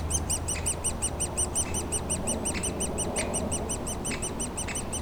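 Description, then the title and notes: Woodpecker nestlings squeaking rapidly and continuously, high thin notes repeated several per second, with occasional clicks and a background aircraft rumble. Woodpecker nestlings squawking continuously in their cavity at the foot of a dead tree trunk, Bois Saint-Martin near Lognes aerodrome, Noisy-le-Grand, France; light aircraft and airliners overhead; DR-40X recorder. "Bois Saint-Martin Noisy-le-Grand, France - Oisillons et gros "volatiles" bruyants. Au pied d'un tronc d'arbre mort, les oisillons d'un pic dans leur cavité piaillent continuellement alors que des avions survolent la zone"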